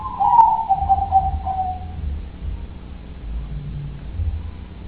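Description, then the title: Dove coo heard at the start, a soft tone gliding downward, then only low background rumble. "Canto Da Pomba"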